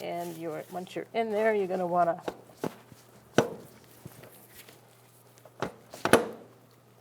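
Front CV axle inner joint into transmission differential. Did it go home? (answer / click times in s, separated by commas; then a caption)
yes / 6.1 s. A new front CV axle shaft on a 2014–2018 Subaru Forester is pushed into the transmission behind the steering knuckle while someone talks. After a few knocks, sharp clicks at 6.0 and 6.1 seconds mark the inner joint's retaining clip catching, confirming the axle is seated with no gap between the transmission and the axle.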